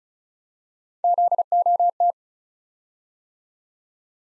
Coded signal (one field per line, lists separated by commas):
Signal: Morse code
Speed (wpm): 36 wpm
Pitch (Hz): 700 Hz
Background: none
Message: ZOT